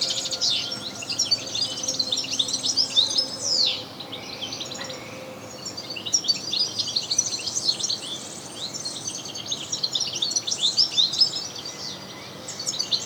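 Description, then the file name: European goldfinch twittering calls, dense overlapping high chirps and trills almost without pause, with a brief lull near four seconds and soft low hum beneath. "Carduelis carduelis"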